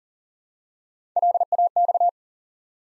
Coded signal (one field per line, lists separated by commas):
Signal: Morse code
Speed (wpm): 40 wpm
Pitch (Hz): 700 Hz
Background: none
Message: LAX